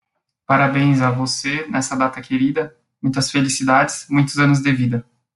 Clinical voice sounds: short text; Brazilian Portuguese; male; 20 to 29 years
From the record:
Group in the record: control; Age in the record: 26 years

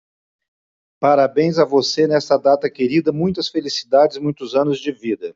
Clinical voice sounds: short text; Brazilian Portuguese; male; 60 to 69 years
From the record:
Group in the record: control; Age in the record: 63 years

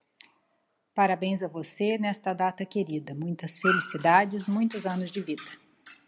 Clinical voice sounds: short text; Brazilian Portuguese; female; 40 to 49 years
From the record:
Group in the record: control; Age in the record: 49 years

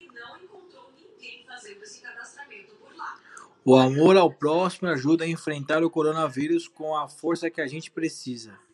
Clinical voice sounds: spoken sentence; Brazilian Portuguese; male; 40 to 49 years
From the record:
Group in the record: control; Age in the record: 40 years

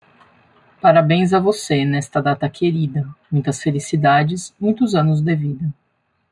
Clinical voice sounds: short text; Brazilian Portuguese; female; 40 to 49 years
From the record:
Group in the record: control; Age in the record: 44 years

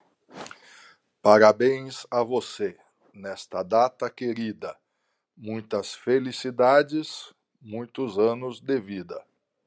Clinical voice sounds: short text; Brazilian Portuguese; male; 60 to 69 years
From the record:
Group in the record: control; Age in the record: 61 years

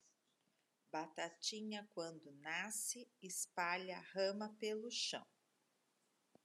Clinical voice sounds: short text; Brazilian Portuguese; female; 50 to 59 years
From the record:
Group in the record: control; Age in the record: 53 years

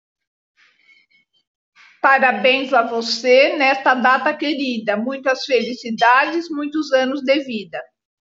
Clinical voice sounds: short text; Brazilian Portuguese; female; 50 to 59 years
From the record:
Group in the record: control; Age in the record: 58 years

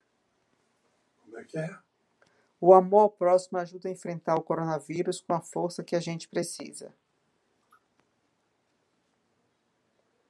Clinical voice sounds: spoken sentence; Brazilian Portuguese; female; 60 to 69 years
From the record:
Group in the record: control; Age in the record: 65 years

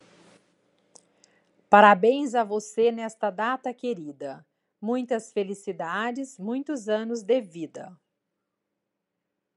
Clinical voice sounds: short text; Brazilian Portuguese; female; 50 to 59 years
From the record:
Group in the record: control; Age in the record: 54 years

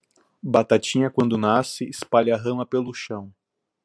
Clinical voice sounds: short text; Brazilian Portuguese; male; 20 to 29 years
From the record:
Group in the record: control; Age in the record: 24 years

